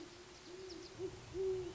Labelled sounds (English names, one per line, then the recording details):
Great Horned Owl
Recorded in Sonoma County, California